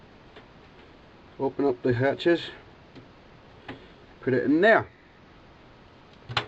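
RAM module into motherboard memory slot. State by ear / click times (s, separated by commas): seated / 6.3 s, 6.4 s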